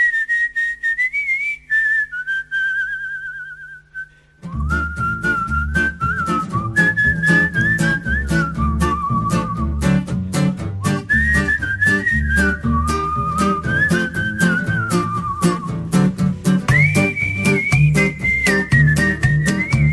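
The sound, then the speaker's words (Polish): A clear, high whistled melody in a song by a Hungarian Gypsy band opens alone over a soft low hum, then carries on as the full band with steady, driving percussion and bass joins in beneath it. “Melodia do gwizdania i do spokojnego bujania się podczas owego gwizdania.”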